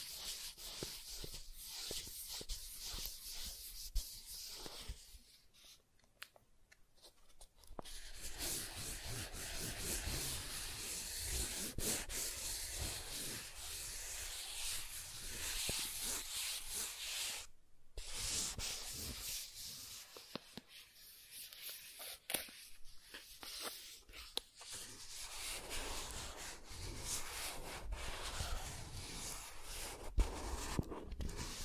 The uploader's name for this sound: Soft Tracing on Smooth and Rough Surfaces